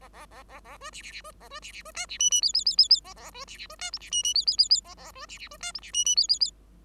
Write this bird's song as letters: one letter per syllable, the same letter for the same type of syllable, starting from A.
A A A A A B C C C B A B C C B D C E E F F F F F A A B C C B D G C E E F F F F A A B C C B D G C E E F F F